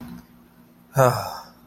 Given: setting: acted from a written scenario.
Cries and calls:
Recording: vocal sound without words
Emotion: contentment

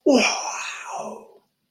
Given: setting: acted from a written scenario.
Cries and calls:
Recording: vocal sound without words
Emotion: desire

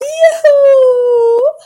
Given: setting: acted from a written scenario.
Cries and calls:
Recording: vocal sound without words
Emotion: ecstasy

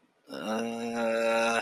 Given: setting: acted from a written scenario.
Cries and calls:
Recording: vocal sound without words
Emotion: embarrassment

